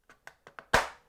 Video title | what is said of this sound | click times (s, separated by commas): GIFKINS DOVETAIL, VIDEO, FRI 26NOV21, PART 12A: REFRESHER ON CUTTING JOINTS | like that little click as it goes together and there you have it | 0.7 s